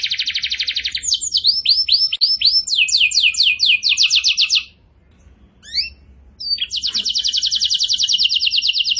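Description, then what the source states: Bird singing a varied, loud song: a dense buzzy trill, runs of sharp descending slurred notes, a short pause with brief chips, then another long buzzy trill. Bird singing actively ('gacor') in the 'tembakan' rapid-burst style, used for training cage birds.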